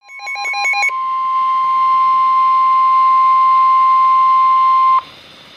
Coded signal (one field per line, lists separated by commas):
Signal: Emergency Alert System (SAME) tones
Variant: 1050 Hz attention tone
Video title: EAS #47 - Tornado Warning